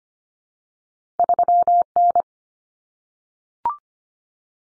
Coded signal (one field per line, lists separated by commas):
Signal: Morse code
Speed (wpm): 25 wpm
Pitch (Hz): 700 Hz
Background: none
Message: 3N